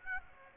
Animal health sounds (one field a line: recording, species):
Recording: mosquito wingbeat signal from an infrared sensor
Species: Aedes aegypti